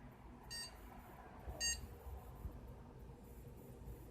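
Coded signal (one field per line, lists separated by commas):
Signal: beep code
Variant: PC BIOS POST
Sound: two short buzzy electronic beeps about one second apart, then low background hum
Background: room hum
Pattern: 2 short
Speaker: Hopefully you heard that. 2 beeps,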